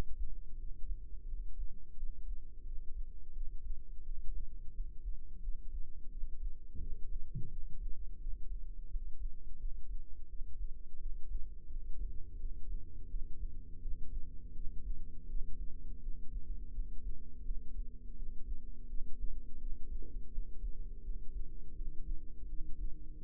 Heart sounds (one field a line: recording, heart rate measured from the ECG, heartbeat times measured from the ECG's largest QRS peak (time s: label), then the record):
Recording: heart sounds by microphone in the left ear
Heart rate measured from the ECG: 85 bpm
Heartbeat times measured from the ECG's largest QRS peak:
0.56 s: heartbeat
1.25 s: heartbeat
1.94 s: heartbeat
2.63 s: heartbeat
3.32 s: heartbeat
4.02 s: heartbeat
4.71 s: heartbeat
5.40 s: heartbeat
6.09 s: heartbeat
6.78 s: heartbeat
7.48 s: heartbeat
8.18 s: heartbeat
8.88 s: heartbeat
9.57 s: heartbeat
10.26 s: heartbeat
10.97 s: heartbeat
11.67 s: heartbeat
12.37 s: heartbeat
13.07 s: heartbeat
13.79 s: heartbeat
14.52 s: heartbeat
15.26 s: heartbeat
15.99 s: heartbeat
16.71 s: heartbeat
17.42 s: heartbeat
18.13 s: heartbeat
18.86 s: heartbeat
19.57 s: heartbeat
20.29 s: heartbeat
21.01 s: heartbeat
21.73 s: heartbeat
22.46 s: heartbeat
23.20 s: heartbeat
From the record:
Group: healthy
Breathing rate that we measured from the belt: 15 breaths a minute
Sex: female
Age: 51 years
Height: 162 cm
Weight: 70.04 kg